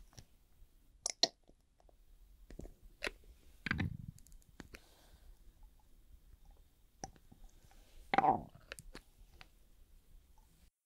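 Nail extension and gel work with a mostly quiet background broken by short, scattered clicks and taps. Sharp snaps come around one second, a thicker rustling burst near four seconds, and a bright scrape around eight seconds, with small ticks between.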